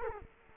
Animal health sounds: mosquito wingbeat signal from an infrared sensor; Culex quinquefasciatus

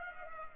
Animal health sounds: mosquito wingbeat signal from an infrared sensor; Culex pipiens

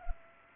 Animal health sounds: mosquito wingbeat signal from an infrared sensor; Culex pipiens

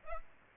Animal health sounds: mosquito wingbeat signal from an infrared sensor; Aedes aegypti

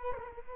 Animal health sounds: mosquito wingbeat signal from an infrared sensor; Culex quinquefasciatus

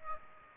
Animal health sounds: mosquito wingbeat signal from an infrared sensor; Aedes aegypti

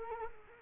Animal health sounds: mosquito wingbeat signal from an infrared sensor; Culex quinquefasciatus

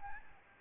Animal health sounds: mosquito wingbeat signal from an infrared sensor; Aedes albopictus

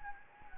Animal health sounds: mosquito wingbeat signal from an infrared sensor; Anopheles gambiae

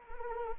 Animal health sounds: mosquito wingbeat signal from an infrared sensor; Anopheles arabiensis

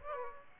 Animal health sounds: mosquito wingbeat signal from an infrared sensor; Aedes aegypti

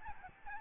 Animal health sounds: mosquito wingbeat signal from an infrared sensor; Aedes albopictus

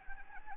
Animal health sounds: mosquito wingbeat signal from an infrared sensor; Anopheles gambiae

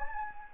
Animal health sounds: mosquito wingbeat signal from an infrared sensor; Anopheles gambiae

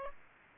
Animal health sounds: mosquito wingbeat signal from an infrared sensor; Aedes aegypti

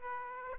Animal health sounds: mosquito wingbeat signal from an infrared sensor; Aedes aegypti

